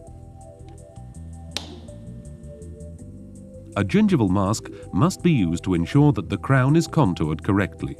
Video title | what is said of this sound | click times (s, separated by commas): Straumann | shoulder can be heard to lock into place | 1.6 s